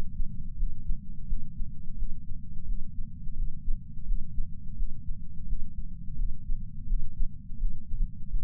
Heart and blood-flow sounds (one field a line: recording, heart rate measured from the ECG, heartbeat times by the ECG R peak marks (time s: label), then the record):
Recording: heart sounds by patch sensor on the chest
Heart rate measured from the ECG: 85 bpm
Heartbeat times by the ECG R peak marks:
0.56 s: heartbeat
1.26 s: heartbeat
1.96 s: heartbeat
2.65 s: heartbeat
3.35 s: heartbeat
4.05 s: heartbeat
4.75 s: heartbeat
5.46 s: heartbeat
6.16 s: heartbeat
6.87 s: heartbeat
7.58 s: heartbeat
8.29 s: heartbeat
From the record:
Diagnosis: coronary artery disease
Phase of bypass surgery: postoperative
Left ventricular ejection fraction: 62.1%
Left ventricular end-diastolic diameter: 45 mm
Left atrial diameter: 35 mm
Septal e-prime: 9.8 cm/s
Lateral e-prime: 10.5 cm/s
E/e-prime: 7.1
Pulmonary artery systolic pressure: 25 mmHg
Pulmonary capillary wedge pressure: 8 mmHg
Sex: male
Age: 58 years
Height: 172 cm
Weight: 75 kg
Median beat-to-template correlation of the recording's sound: 0.93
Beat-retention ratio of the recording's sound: 0.99